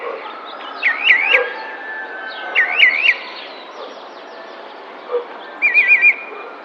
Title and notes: Cenzontle tropical que canta en primavera mientras alguien que hace ejercicio pasa a lo lejos en el parque de una colonia en San Cristóbal de Las Casas, Chiapas. Mayo 2021